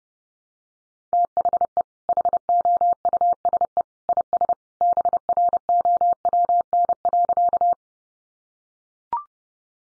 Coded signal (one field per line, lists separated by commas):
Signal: Morse code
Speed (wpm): 28 wpm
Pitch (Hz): 700 Hz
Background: none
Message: THE HOUSE IS BROWN.